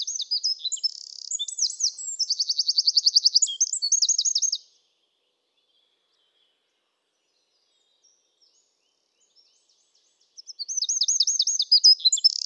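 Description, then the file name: Eurasian wren song: a burst of shrill twittering with a fast trill, several seconds of silence, then the next song phrase starts. "Troglodytes troglodytes"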